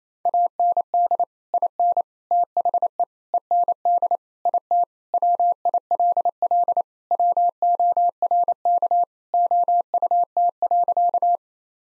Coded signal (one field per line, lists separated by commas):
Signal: Morse code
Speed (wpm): 28 wpm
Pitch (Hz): 700 Hz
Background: none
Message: AND IN THE END IT WILL WORK OUT.